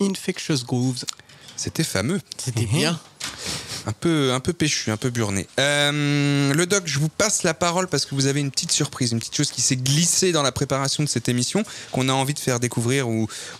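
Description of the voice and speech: An adult man speaks French in a relaxed, fluent radio style, with a steady mid-low voice, natural pitch movement and brief pauses. Articulation and voice quality are ordinary, with no stuttering, slurring or hoarseness. This is normal conversational speech.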